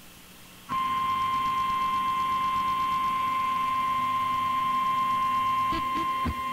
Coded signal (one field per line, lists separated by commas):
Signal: Emergency Alert System (SAME) tones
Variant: 1050 Hz attention tone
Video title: EAS #1665 - HURRICANE WARNING FOR IRMA 9-9-2017